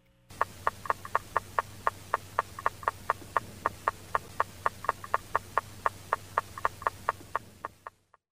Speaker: What you just heard was a rapping call from a female Xenopus laevis, which is the African clawed frog.